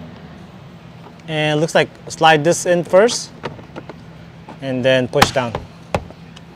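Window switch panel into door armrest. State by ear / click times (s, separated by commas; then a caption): seated / 5.9 s. Someone talks while the window switch panel of a 2018 Honda Accord door is slid in at one end and then pushed down into the door armrest. A sharp click sounds at 6.0 s as the panel snaps in and is seated.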